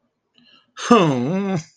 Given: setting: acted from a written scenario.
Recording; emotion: vocal sound without words; sadness